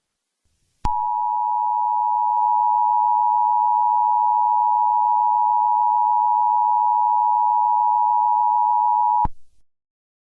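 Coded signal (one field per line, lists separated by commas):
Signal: Emergency Alert System (SAME) tones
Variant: 853 and 960 Hz attention tone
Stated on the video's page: Mock, simulated Amber Alert for all of Colorado.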